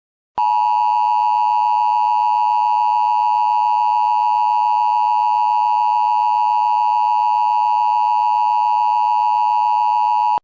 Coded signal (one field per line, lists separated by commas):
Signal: Emergency Alert System (SAME) tones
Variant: 853 and 960 Hz attention tone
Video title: EAS Scenario #11: THE MOST BRUTAL WINTER IN HUMAN EXISTANCE